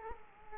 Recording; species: mosquito wingbeat signal from an infrared sensor; Culex quinquefasciatus